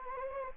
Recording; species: mosquito wingbeat signal from an infrared sensor; Anopheles gambiae